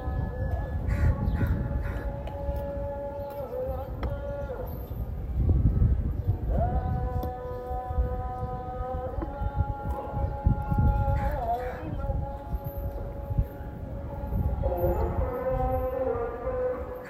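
A street scene in Zanzibar: a dense, rumbling bed of low noise with voices runs throughout. Over it, a held siren-like tone stays level for a few seconds, then shifts pitch, around 4, 7, 11 and 15 seconds. Occasional crow-like calls and a faint high whine appear.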